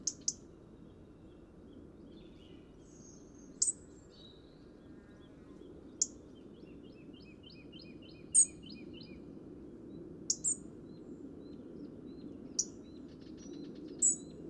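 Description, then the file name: European robin giving repeated sharp, very high thin call notes, with a brief faint twittering passage midway, over a steady low rumble. "Erithacus rubecula"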